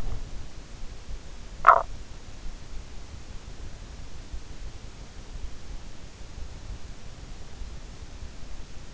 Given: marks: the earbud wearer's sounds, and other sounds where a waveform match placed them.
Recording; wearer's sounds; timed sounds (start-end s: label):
sounds in sleep by an in-ear microphone; teeth grinding
1.27-2.14 s: teeth grinding